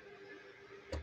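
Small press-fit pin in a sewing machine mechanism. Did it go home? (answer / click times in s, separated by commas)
released / 0.9 s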